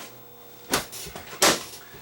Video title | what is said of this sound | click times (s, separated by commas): Samsung UN32EH5300 Semi Smart TV with No Picture | snaps in place | 1.4 s